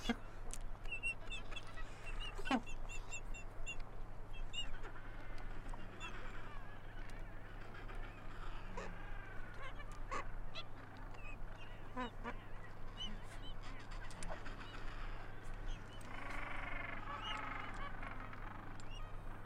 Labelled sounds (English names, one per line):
Gentoo Penguin call